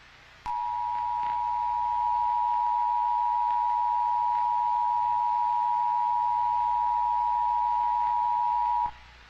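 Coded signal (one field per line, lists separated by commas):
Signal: Emergency Alert System (SAME) tones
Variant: 853 and 960 Hz attention tone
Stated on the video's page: Fictional Jurassic World analog-horror EAS scenario using valid EAS tones.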